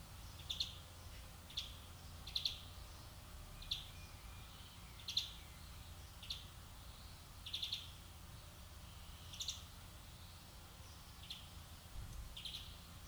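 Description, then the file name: European greenfinch calls: quick clusters of bright chipping notes repeated at short intervals, soft and thin against constant low background hum. "Chloris chloris"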